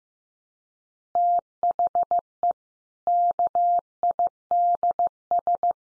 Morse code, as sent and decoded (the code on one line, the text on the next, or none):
- .... . / -.- .. -.. ...
THE KIDS